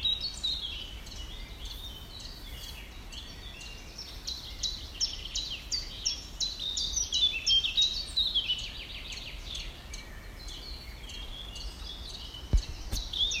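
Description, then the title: Bird song made of quick high notes that slur downward, repeated in runs; one sharp click near the end. Birds heard in a small woodland in Poland by a person walking alone and quietly listening. "一个人静静的走在波兰某个小丛林里静静的聆听鸟儿们的叫声"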